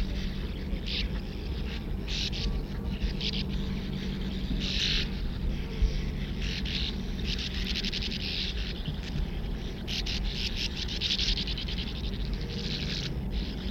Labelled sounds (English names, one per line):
Sand Martin call